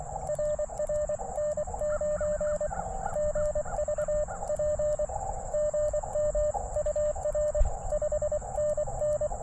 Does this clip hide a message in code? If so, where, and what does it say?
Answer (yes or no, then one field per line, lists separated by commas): yes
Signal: Morse code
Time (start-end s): 0.3-9.3 s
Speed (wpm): 24 wpm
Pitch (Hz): 600 Hz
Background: radio noise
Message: RR N9GVP GM UR 5NN